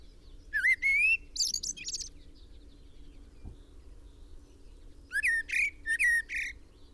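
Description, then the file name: Common blackbird singing mellow whistled phrases that break into high, scratchy trills, one phrase early and another after a pause, with a constant low background drone. "Turdus merula"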